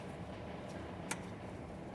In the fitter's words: there you go. Once you hear a snap, it's on there.